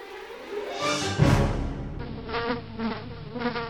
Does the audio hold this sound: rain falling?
no